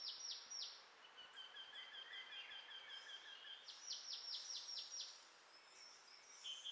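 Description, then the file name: Marsh tit giving rapid series of repeated descending high notes, a short burst at the start and a longer run near four seconds, with weak whistled notes between and quiet background hiss. "Poecile palustris"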